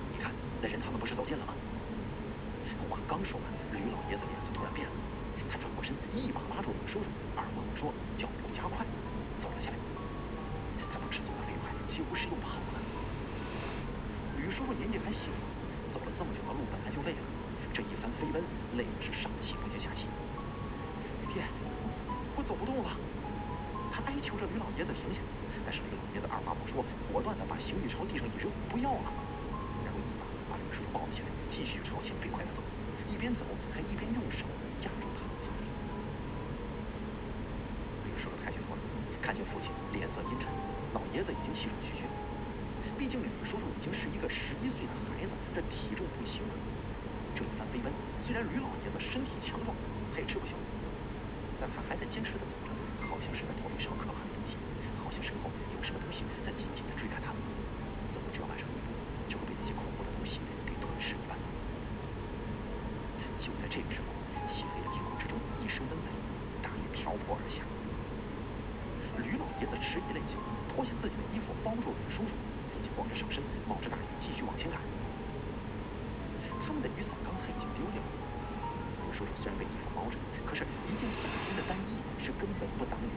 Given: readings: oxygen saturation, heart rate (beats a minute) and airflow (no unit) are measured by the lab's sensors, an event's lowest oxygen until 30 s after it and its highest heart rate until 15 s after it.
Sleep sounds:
a person awake in a sleep study, by a voice recorder at the bedside; none
0.00-83.17 s: awake
From the record:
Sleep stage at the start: awake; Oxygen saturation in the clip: 93 to 96%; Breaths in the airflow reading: 21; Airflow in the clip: -4.1 to 7.5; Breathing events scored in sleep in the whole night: 335 in 6.7 hours asleep

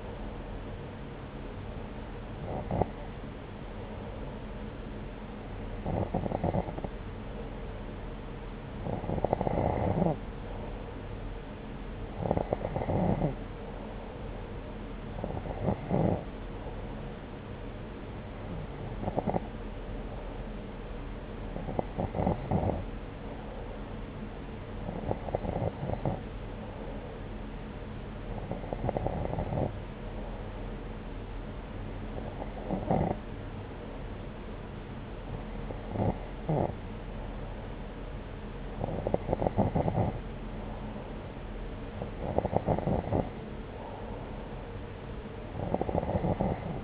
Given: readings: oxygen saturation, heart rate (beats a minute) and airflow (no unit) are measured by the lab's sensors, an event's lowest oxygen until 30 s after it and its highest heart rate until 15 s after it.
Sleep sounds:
breathing in sleep by a voice recorder at the bedside; 1
16.00-40.00 s: hypopnea (N1, oxygen 93% highest, then 90% lowest)
26.00-46.84 s: new sleep stage, N2 (light sleep)
From the record:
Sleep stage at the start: N1 (lightest sleep); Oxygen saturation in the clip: 90 to 93%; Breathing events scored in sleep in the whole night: 303 in 8.1 hours asleep

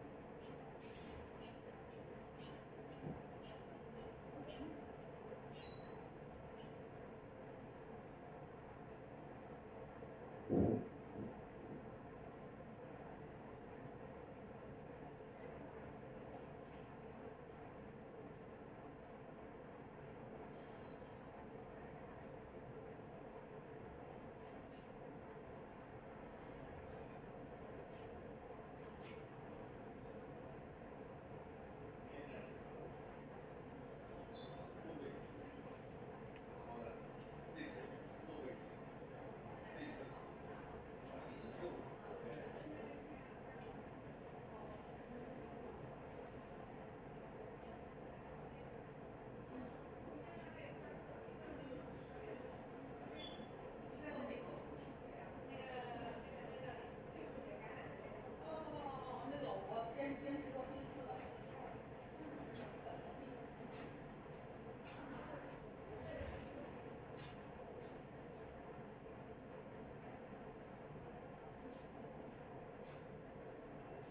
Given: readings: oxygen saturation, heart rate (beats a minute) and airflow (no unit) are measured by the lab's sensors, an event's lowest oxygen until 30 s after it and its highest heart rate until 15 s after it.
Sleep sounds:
a person awake in a sleep study, by a smartphone at the bedside; none
0.00-74.11 s: awake
0.00-74.11 s: awake
From the record:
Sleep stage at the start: awake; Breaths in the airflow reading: 22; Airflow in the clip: -0.7 to 0.8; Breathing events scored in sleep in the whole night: 263 in 5.5 hours asleep

